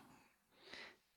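A faint, quiet room tone gives way to a single soft, airy breath noise lasting about half a second, hissy rather than rumbling. It is the light snoring, snuffly breathing of a sleeping baby.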